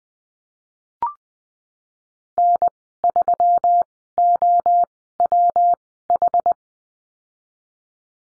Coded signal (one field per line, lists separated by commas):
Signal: Morse code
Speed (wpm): 19 wpm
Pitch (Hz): 700 Hz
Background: none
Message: N3OWH